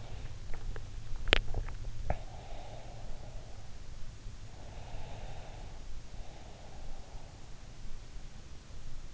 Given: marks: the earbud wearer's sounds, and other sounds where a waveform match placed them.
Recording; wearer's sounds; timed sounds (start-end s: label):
sounds in sleep by an in-ear microphone; swallowing, breath
1.05-2.71 s: swallowing
2.25-7.82 s: breath